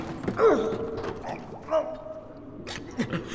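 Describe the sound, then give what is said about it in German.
A door creaks open with several drawn-out, groaning squeals that slide up and down in pitch, separated by brief pauses, heard alone without any talking. “Vorsicht, die Tür!”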